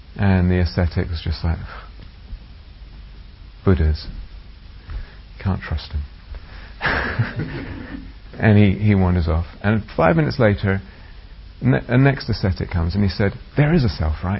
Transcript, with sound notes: And the ascetic was just like, "Pff. Buddhas, you can't trust 'em." [laughter] He wanders off and five minutes later the next ascetic comes and he said, "There is a self, right?